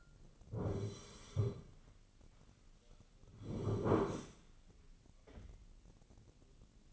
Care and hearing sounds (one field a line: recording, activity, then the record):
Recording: daily activity, microphone in the room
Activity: sit down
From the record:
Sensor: 4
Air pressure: 1010.0 hPa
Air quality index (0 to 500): 196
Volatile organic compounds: 3 ppm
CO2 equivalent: 1410 ppm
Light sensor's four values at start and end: 38/94/39/42 and 38/94/39/42